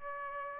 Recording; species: mosquito wingbeat signal from an infrared sensor; Aedes aegypti